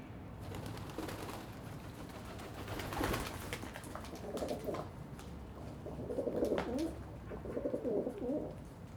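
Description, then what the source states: Pigeons cooing in low, rolling bursts that grow stronger toward the end, mixed with sharp clattering wing beats and a steady background hum. Several pigeons on a balcony in Saint-Gilles, Belgium, cooing and fighting with wing beats; recorded on a Sony PCM-D100 with internal microphones in wide position.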